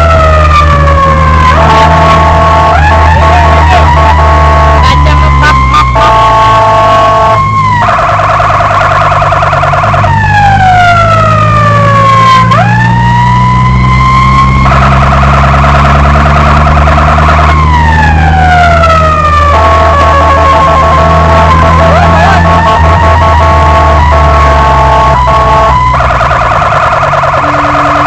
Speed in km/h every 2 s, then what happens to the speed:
59, 59, 55, 43, 35, 34, 44, 48, 52, 59, 58, 61, 56, 36.
0-8 slows to 35. 10-18 speeds up to 59. 18-24 steady at about 58. 24-26 brakes to 36.